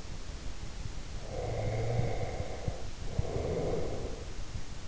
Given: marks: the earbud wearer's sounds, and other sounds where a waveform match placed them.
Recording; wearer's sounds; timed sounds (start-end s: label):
sounds in sleep by an in-ear microphone; breath
1.13-4.59 s: breath